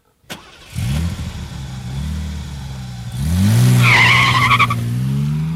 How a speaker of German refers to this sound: Ich fuhr das Auto den gewundenen Feldweg entlang. Wo er auf die Landstraße traf, hielt ich an, ließ den Motor im Leerlauf brummen.